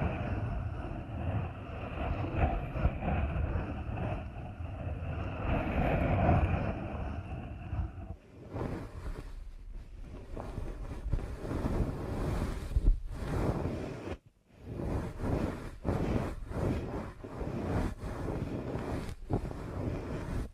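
Deep ear canal massage with a dense, muffled rubbing that stays low and steady for the first eight seconds. After that it turns into quick, irregular rustling strokes with brighter scratchy bursts, and a brief near-silent gap around fourteen seconds.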